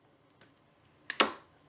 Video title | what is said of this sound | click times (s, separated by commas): NutriBullet Smart Touch Blender Combo – Unboxing and Initial Thoughts – Episode 41 – DadsTalkTECH | oh and it makes oh such a satisfying click almost sounds metallic | 1.1 s, 1.2 s